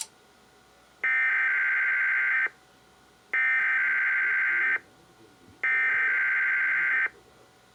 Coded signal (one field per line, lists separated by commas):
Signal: Emergency Alert System (SAME) tones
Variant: header bursts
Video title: WXL52 Weekly Test (11/17/21)(EAS 985)